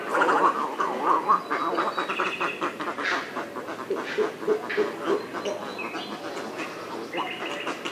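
Little egret making throaty gargling and chuckling sounds, bursts of coarse pulsed croaks at an irregular pace.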